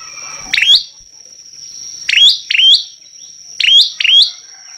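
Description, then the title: Prinia repeating crisp high chirps, mostly in pairs about a second and a half apart, a steady shrill hum running beneath. Vigorously singing ('gacor') prinia, recorded as a tutor track ('masteran') for training songbirds. "Prenjak Lancur Gacor Untuk Masteran"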